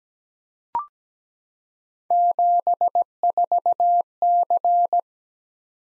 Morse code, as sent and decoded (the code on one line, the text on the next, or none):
--... ....- -.-.
74C